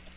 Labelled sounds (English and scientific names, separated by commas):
Yellow-rumped Warbler (Setophaga coronata) flight call